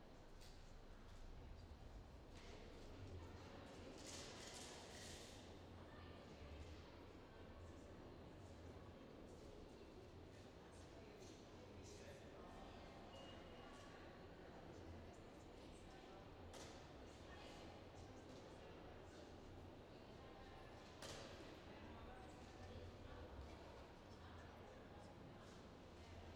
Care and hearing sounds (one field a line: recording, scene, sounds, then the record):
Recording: everyday scene through a hearing-aid microphone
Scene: reverberant space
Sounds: background noise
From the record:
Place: railway station hall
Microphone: in the ear canal, left